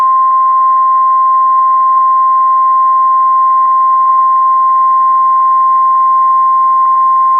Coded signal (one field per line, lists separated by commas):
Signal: Emergency Alert System (SAME) tones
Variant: 1050 Hz attention tone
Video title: Tests From April 21-22 2026 EAS 552-560